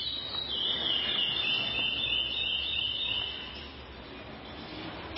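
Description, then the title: Chestnut-bellied seed finch song: a rapid warbled, whistled phrase lasting about three seconds, fluttering high then stopping, over a steady low background hiss. "Canto De Curio"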